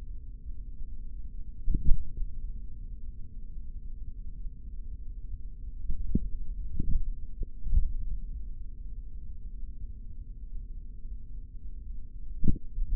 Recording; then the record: forearm muscle sounds (acoustic myography)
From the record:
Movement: tripod grip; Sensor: system 3, bracelet of six PUI Audio POM-2738L microphones around the upper forearm, with dedicated amplification and filtering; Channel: 3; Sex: male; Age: 26 years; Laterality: right